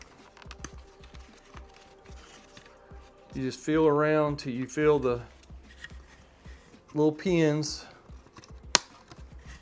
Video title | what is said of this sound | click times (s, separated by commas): 2016 F150 Sync 3 Upgrade to 12” CARABC Screen - OEM System FULLY Kept! MUST WATCH | And you pop them out just like that. | 8.8 s